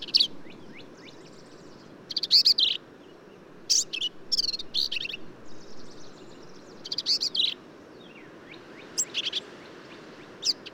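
Black-capped vireo song of rapid, buzzy, chattering phrases mixed with thin high notes, some phrases close together and others spaced a few seconds apart.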